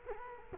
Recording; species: mosquito wingbeat signal from an infrared sensor; Culex quinquefasciatus